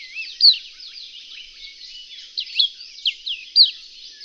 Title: kicau pleci reunion olive white eye